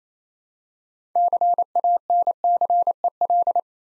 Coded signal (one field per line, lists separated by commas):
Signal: Morse code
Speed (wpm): 28 wpm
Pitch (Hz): 700 Hz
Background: none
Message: CANCEL